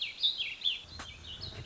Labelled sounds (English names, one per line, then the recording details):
Warbling Vireo
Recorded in Sonoma County, California